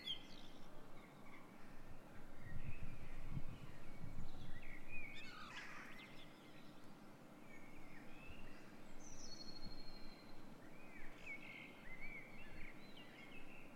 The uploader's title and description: Dawn Chorus 06:00 AM (Den Haag. With Jackdaws, Seagulls and a pigeon added to the usual bunch (Blackbird, Robin, Wren etc.)